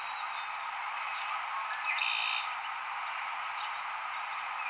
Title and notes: Red-winged Blackbird. 10 March 2015. Hunterdon County. Song from male in tree